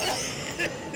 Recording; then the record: coughing mixed with background sound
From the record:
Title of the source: Dry Afternoon Cough